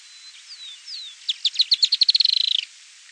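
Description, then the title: Firewood-gatherer song: a few soft thin whistles, then a fast accelerating series of bright, sharp notes that blurs into a trill before stopping abruptly. "LuckyPassaro Completos2Sama. Firewood-gatherer (Anumbius annumbi)"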